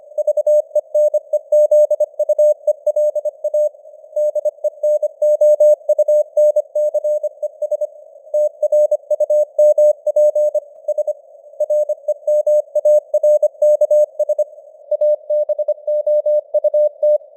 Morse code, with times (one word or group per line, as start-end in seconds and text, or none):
0.2-3.7 VENEZUELA
4.2-7.9 DENOUNCES
8.3-10.6 TRUMP
10.9-11.1 S
11.6-14.4 REMARKS
14.9-17.2 ABOUT